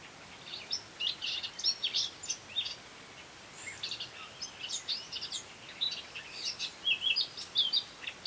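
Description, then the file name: Eurasian blackcap: bursts of scratchy high chirps and quick twittering notes in short clusters over a steady background hiss. "Sylvia atricapilla"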